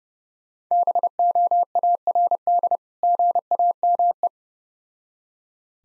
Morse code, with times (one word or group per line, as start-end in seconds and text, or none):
0.7-2.8 BOARD
3.0-4.3 GAME